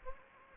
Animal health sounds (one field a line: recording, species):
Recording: mosquito wingbeat signal from an infrared sensor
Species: Anopheles gambiae